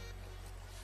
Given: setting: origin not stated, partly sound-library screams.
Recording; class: one-second piece from a danger detection set; normal situation